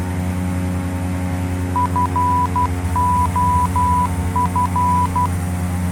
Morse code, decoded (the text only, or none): FOF